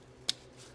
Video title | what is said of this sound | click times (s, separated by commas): $700 Honda Civic Fix and Flip from Facebook Marketplace. Full DIY | like I said, pop this back together and you should hear a little snap. | 0.3 s